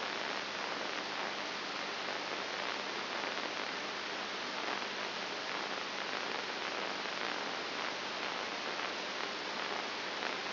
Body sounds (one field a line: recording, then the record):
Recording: brain microelectrode recording played as sound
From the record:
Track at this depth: inside the subthalamic nucleus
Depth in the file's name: 3.101 mm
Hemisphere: right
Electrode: 2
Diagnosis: Parkinson's disease